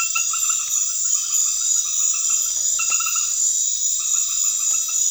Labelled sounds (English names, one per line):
none